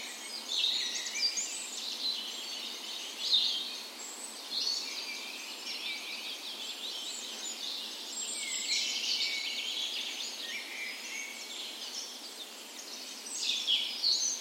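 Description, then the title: Birds: dense dawn chorus, trilling and chirping in high overlapping phrases, the mix swelling and easing in waves without pause. Spring dawn chorus in a park west in Bergen, Norway, on the morning of 17 May, Norway's National Day; recorded with a Sony PCM A10 and LOM Usi microphones as tree ears. "17th Of May Dawn Chorus"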